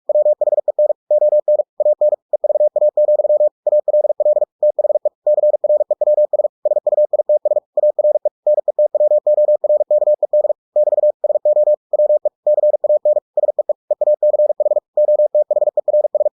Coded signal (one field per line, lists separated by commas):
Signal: Morse code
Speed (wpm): 46 wpm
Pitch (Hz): 600 Hz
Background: none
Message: WHEN ON AN EVA, ALL THE CREWS SUITS ARE NETWORKED <BT> SO WE CAN SEE EACH OTHERS